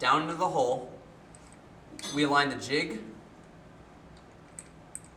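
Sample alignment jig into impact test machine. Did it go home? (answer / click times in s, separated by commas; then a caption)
yes / 4.6 s, 4.9 s. A sample alignment jig is placed into an impact test machine, with the notched sample set down into the hole, and lined up with the notch until firmly locked into place. Someone talks during the first three seconds, then after a quiet stretch two sharp clicks sound at 4.6 and 5.0 seconds as the jig locks into place.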